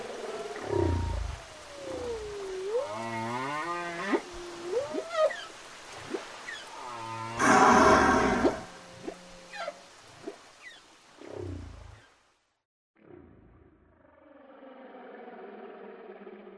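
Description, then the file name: Whale song of long swooping moans and upsweeping whistles with harmonic tones, some sliding down then up, a loud broad groan midway, then a buzzy harmonic moan after a short pause near the end. "chant des baleines"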